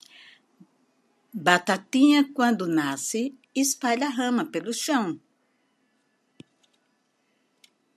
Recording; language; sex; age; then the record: short text; Brazilian Portuguese; female; 70 to 79 years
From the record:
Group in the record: control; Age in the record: 72 years